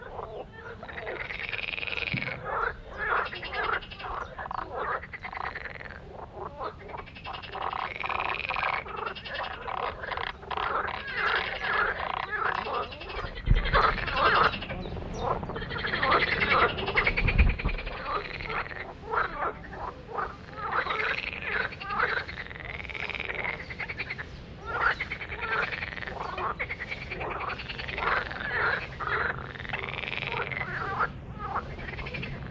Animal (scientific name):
Pelophylax ridibundus